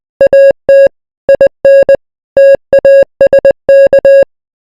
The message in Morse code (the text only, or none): AT IN TASK